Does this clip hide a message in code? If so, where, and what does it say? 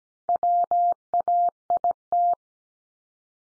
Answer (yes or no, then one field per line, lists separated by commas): yes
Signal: Morse code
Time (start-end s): 0.3-2.3 s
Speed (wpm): 17 wpm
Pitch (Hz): 700 Hz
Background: none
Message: WAIT